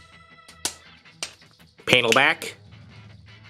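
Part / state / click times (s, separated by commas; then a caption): plastic arm piece into the body of a transforming toy robot / seated / 0.6 s, 1.2 s. A split plastic arm piece of a transforming toy robot is pushed into its slot on the body during transformation, giving sharp plastic clicks at 0.7 s and 1.2 s as it seats into place. Someone talks afterward over faint background music.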